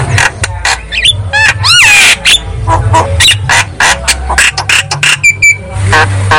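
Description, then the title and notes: Javan myna giving loud rising whistles mixed with harsh rasps and clicking chatter, with a brief flat whistle near the end. Lure recording of Javan myna song, used to prompt a silent, non-singing myna to start singing. "Pancingan Jalak Kebo Bisu. Kicau Jalak Kebo"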